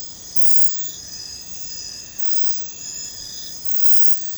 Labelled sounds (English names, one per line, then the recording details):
none
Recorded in secondary vegetation near Puerto Asís, Putumayo, Colombia, on 21 December 2024 at 01:00
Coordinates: 0.499, -76.323
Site G010